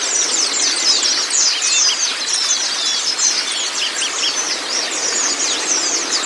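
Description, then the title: White-eye song: a dense, continuous stream of high, rapid twittering and chattering phrases with short whistled notes, no pauses, over a steady hiss. Training recording (masteran) of white-eye (pleci kacamata si putih) song, meant to get a silent (bisu) pleci singing constantly (gacor). "mster Mnuk. Terapi Pleci Bisu Menjadi Gacor Abis. Masteran Pleci Kacamata Si Putih"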